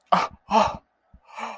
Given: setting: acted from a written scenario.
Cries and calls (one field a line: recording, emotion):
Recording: vocal sound without words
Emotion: elation